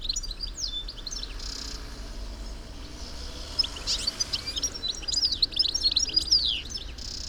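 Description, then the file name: European goldfinch calls: sparse high chips at first, then a dense, fast twittering burst from about four seconds almost to the end, with faint low background noise. "Carduelis carduelis"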